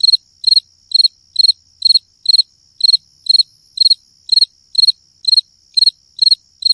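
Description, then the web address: Cricket giving evenly spaced, high trilled chirps roughly two per second, with a thin steady tone running alongside them. "grillito"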